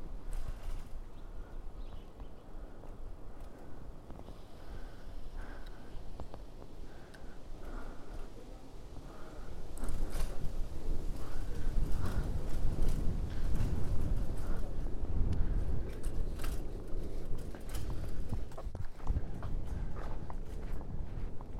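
A bike ride: steady low rumble of rolling wheels and road noise runs throughout, with frequent sharp clicks and rattles from the bike. Around ten seconds the sound grows louder and rougher, with denser bumps and knocks continuing to the end.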